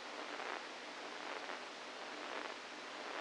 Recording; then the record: brain microelectrode recording played as sound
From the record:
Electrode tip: inside the subthalamic nucleus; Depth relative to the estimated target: -4 mm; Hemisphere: right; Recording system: NeuroSet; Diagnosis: Parkinson's disease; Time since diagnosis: 7 years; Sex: female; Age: 68 years